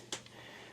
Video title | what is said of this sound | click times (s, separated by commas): CMF buds pro 2 UNBOXING | it's a big case but also we do have a nice click oh feel that | 0.1 s